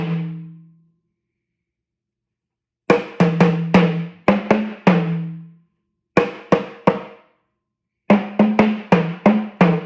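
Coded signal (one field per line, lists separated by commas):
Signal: talking drum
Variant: Yoruba sakara drum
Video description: Playing "Toun t’Erin ni o lọ" with the Yoruba Orunsha Sakara talking drum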